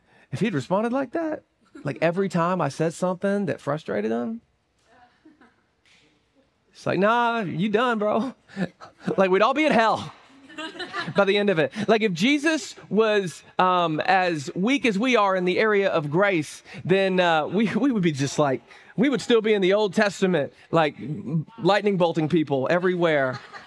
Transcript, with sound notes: If he'd responded like that, like every time I said something that frustrated him, it's like, "Nah, you done, bro. " Like, we'd all be in hell [laughter] by the end of it. Like, if Jesus was um as weak as we are in the area of grace, then uh we we would be just like we would still be in the Old Testament like lightning bolting people everywhere.